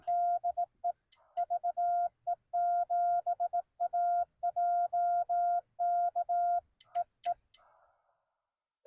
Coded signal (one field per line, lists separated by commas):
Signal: Morse code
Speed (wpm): 17 wpm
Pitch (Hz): 700 Hz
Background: none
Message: DE VE7AJK EE